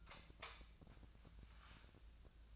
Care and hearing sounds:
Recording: daily activity, microphone in the room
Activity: light off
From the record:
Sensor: 2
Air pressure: 1009.7 hPa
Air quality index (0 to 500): 181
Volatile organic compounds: 10 ppm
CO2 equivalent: 2260 ppm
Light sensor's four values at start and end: 31/81/34/36 and 26/63/27/30

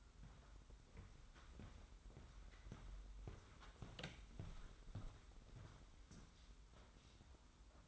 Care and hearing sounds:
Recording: daily activity, microphone in the room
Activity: walk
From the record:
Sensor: 3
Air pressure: 990.7 hPa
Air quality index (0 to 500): 170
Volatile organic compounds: 1000 ppm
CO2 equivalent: 5502 ppm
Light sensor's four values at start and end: 40/96/39/37 and 39/92/37/35

